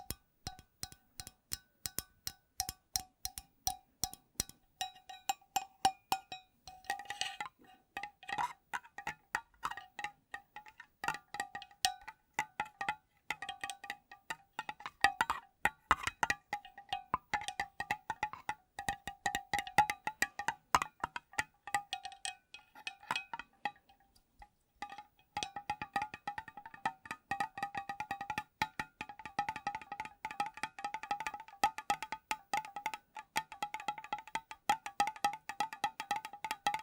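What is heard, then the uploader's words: Rapid fingertip tapping on a hard, ringing object, each tap sharp and bright with a short chiming tone that lingers slightly. Taps come in quick uneven bursts, thinning briefly near 24 seconds, then growing denser and more continuous through the final stretch. ASMR Addictive Tapping.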